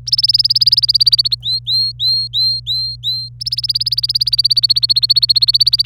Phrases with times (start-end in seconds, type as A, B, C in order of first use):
0.07-1.35 A, 1.42-3.29 B, 3.40-5.86 A